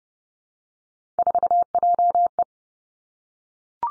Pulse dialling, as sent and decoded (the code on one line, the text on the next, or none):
none